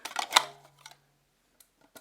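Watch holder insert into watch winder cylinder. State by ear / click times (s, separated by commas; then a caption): seated / 0.4 s. A plastic watch holder insert is slid into the grooves of the cylinder of an AXIS single automatic watch winder and pushed home, with a few light clicks and scrapes leading up to a sharp snap at 0.4 s. Fainter ticks follow at about 0.9, 1.6 and 2.0 s. The insert is seated and stays in place.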